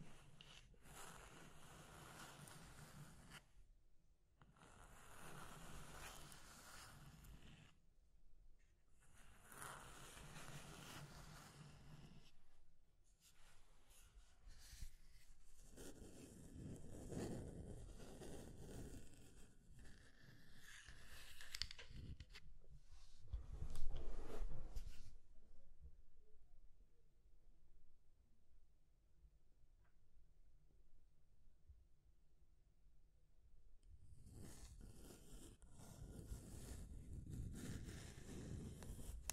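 Scratching and tracing sounds come in long, dense strokes, three separate bursts in the first twelve seconds with short pauses between. A rougher, lower scraping stretch runs from about 13 to 25 seconds, then a near-silent lull with faint low rumble before scratching resumes around 34 seconds.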